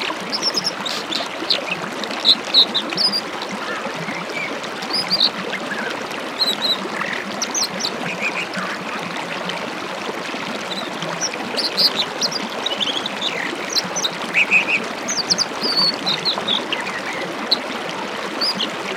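A Colorado creek rushes steadily, its dense, even hiss holding at one level for the whole stretch without pause. Short, bright bird chirps sit on top of the water, scattered throughout, with a quick cluster around fourteen to fifteen seconds.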